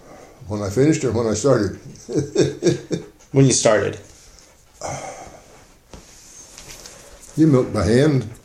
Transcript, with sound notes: When I finished or when I started? [Laughter]
When you started.
You milked by hand.